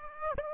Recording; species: mosquito wingbeat signal from an infrared sensor; Aedes aegypti